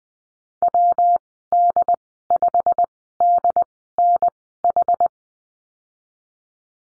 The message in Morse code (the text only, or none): WD5DNH